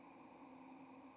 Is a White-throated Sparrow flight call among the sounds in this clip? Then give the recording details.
no. Another species' flight call is heard. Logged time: 09:39 on 30 October 2014